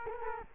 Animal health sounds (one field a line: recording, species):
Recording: mosquito wingbeat signal from an infrared sensor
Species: Culex quinquefasciatus